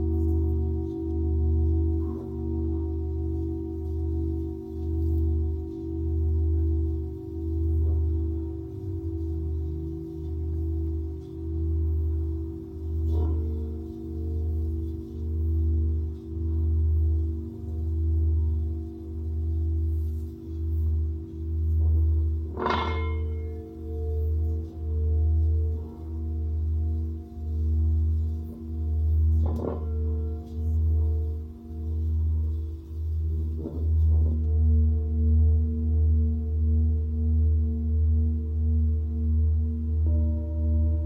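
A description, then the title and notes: A Tibetan singing bowl rings in a steady, low drone, its tone pulsing in a slow regular wobble throughout. Several soft strikes or touches add brief bright accents, the clearest near 23 and 29 seconds, and the hum swells slightly louder near the end. Tibetan Singiing Bowl のサウンドヒーリングチャンネル LIVE.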